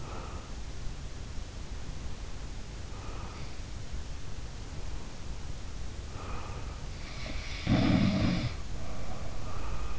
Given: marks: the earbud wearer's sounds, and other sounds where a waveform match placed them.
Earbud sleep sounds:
sounds in sleep by an in-ear microphone; breath
0.00-0.59 s: breath
2.85-3.51 s: breath
6.05-6.75 s: breath
7.28-9.99 s: sound from someone else or the room

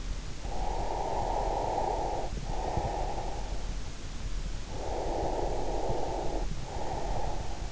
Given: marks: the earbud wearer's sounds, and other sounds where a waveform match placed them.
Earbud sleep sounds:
sounds in sleep by an in-ear microphone; breath
0.52-3.83 s: breath
4.83-7.72 s: breath

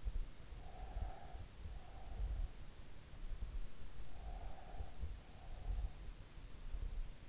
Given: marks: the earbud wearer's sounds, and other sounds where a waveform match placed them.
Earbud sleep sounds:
sounds in sleep by an in-ear microphone; breath
0.72-2.70 s: breath
4.12-5.51 s: breath

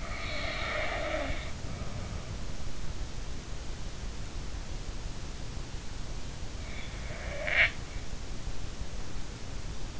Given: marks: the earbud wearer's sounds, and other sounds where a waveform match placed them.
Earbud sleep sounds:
sounds in sleep by an in-ear microphone; snoring breath
0.00-1.52 s: snoring breath
7.20-8.02 s: snoring breath

